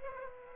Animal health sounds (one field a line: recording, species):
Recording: mosquito wingbeat signal from an infrared sensor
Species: Aedes aegypti